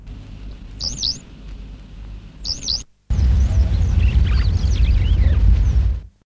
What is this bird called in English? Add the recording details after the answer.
Western Yellow Wagtail. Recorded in the wild. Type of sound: call. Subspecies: iberiae. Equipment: Halbspur, 9,5 cm/s. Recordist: Lütgens, Hans. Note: Rufe